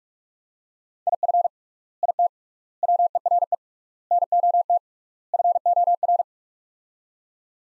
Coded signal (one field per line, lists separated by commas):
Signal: Morse code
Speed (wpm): 42 wpm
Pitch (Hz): 700 Hz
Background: none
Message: IF IT WERE NOT FOR